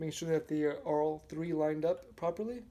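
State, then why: Not seated. Someone talks while the male C10 connector bolt is being fitted into the P9 bolt and rod of a foosball table, with all three holes being lined up. No click or snap is heard, only speech. Nothing has seated or clicked yet.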